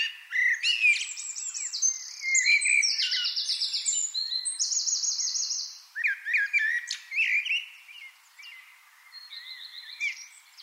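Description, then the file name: Eurasian wren singing loud, high, rapid phrases, with a string of chattering trills and sharp notes, then a quieter pause and a short trill near the end. "Troglodytes troglodytes"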